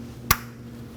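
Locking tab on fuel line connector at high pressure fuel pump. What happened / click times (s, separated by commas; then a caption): The plastic locking tab snapped down into place / 0.3 s. The plastic secondary locking tab on the fuel line connector at the high pressure fuel pump of a 2011-2016 Kia Optima is pushed down by hand to lock it, after the connection has been checked as secure. A single sharp snap sounds at 0.3 s over a low, steady background hum, and the tab is locked in place.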